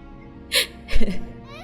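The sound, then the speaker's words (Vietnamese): A baby whimpers in two short bursts: a sharp breathy gasp, then a longer wavering sob that trails off into quiet. No one speaks. “Cũng cùng lúc đó, một tiếng khóc của em bé lại vang lên.”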